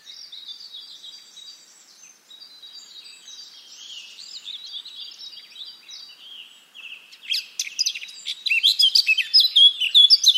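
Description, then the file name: Eurasian blackcap with a soft, scratchy, rambling warble for several seconds, then a sudden louder burst of clear fluty and chattering notes in the final three seconds. "Sylvia atricapilla"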